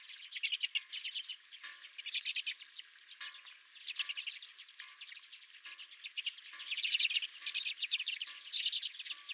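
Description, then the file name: Redpoll flock calls, a steady stream of fast, dry chattering trills, louder near the end. Several redpolls at the recordist's feeder. "Redpolls at My Feeder"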